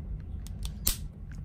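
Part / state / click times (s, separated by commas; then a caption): plastic battery cover into key fob housing / seated / 0.6 s, 0.9 s. After its two edges are hooked into the holes, the plastic back cover of a Tesla Model S key fob is pushed down over the coin battery and snaps back into place in the housing. Sharp plastic clicks land at about 0.7 s and 0.9 s, the second being the loudest, with fainter ticks around them over a low background hum. The cover is seated.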